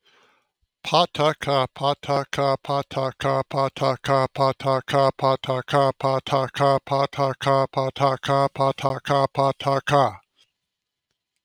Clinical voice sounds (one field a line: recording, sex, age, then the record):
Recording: repeated syllables /pa ta ka/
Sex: male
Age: 50 to 59 years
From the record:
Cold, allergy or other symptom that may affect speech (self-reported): no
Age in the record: 55 years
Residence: New Mexico, United States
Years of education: 16